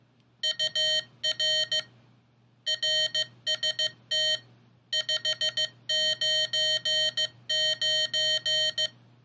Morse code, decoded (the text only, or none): UR RST 599